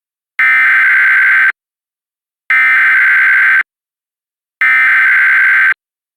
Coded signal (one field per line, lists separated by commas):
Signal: Emergency Alert System (SAME) tones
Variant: header bursts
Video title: EAS Reenactment Mock: Dusts storms in Northwest Texas - 03/22/2021